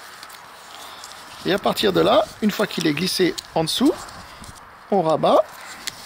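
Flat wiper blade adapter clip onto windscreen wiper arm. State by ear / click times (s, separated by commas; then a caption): not seated / none. On a Renault Clio 3, a flat wiper blade adapter has been slid under the windscreen wiper arm's hook and is being folded down toward the arm so its plastic clip can lock on. Someone talks throughout, with a few faint handling ticks in the background. Nothing has seated or clicked yet.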